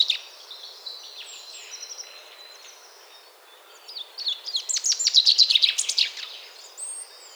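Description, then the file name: Common chaffinch song, one loud run of sharp notes sliding downward in the second half, with fainter high chirps around it. "Fringilla coelebs"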